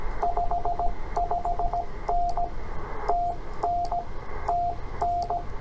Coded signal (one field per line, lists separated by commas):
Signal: Morse code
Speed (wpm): 16 wpm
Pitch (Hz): 700 Hz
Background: radio noise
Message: 55N TN TN